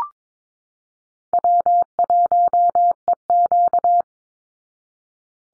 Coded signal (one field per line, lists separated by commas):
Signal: Morse code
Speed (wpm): 22 wpm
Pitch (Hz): 700 Hz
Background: none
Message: W1EQ